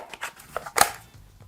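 A battery pack is fitted onto the bottom of an IMOUM 6" handheld mini chainsaw. A few soft plastic scrapes and taps lead up to a loud, sharp plastic click at 0.8 s as the pack locks into the base. The battery is seated.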